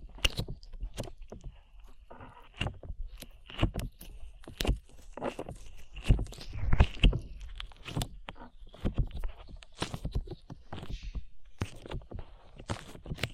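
Slime being worked with sticky, wet sounds: a steady run of sharp pops and clicks, irregular and fairly dense all the way through. Between about six and seven seconds the squelches grow louder and heavier, and a faint thin whine sits underneath.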